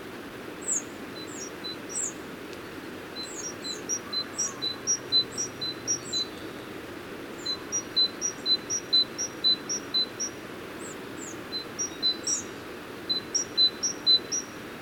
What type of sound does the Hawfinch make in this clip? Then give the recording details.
call. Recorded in the wild. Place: Stubnitz, Insel Rügen, Mecklenburg-Vorpommern, DE. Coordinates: 54.516, 13.633. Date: 1975-02-15. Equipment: Nagra III BH, Sennheiser MD 21, parabola. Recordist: Schubert, Michael